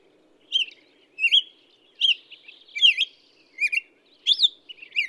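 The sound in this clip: Black-headed Grosbeak song, a string of sweet, whistled slurred phrases in quick succession.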